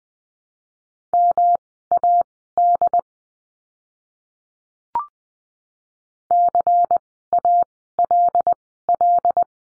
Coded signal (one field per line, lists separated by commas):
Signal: Morse code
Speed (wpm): 20 wpm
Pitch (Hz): 700 Hz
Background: none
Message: MAD CALL